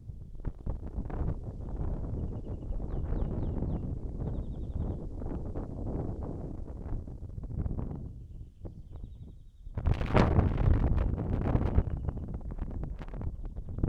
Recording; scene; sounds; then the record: everyday scene through a hearing-aid microphone; wind on the microphone; wind, birds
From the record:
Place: in front of a rural house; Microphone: behind the ear, right, rear